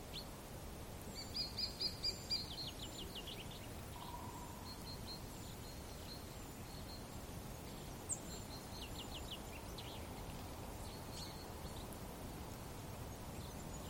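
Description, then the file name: Lesser spotted woodpecker giving a short burst of high, evenly spaced call notes early on, followed by scattered chirps and trills from other birds over constant hiss. "pikkutikka"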